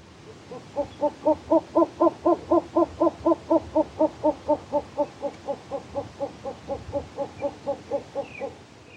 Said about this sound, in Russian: Болотная сова.